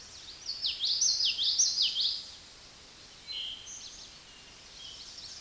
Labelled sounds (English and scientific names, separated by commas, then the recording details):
Common Yellowthroat (Geothlypis trichas) song
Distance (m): 10 m
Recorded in a Pennsylvania forest on 16 May 2024 at 09:08
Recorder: AudioMoth, point MSD-2061
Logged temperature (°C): 16.1 °C
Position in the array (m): 225 m, 186 m